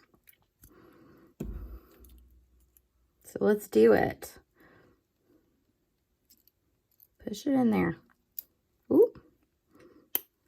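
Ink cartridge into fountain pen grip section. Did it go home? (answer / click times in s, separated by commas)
yes / 10.1 s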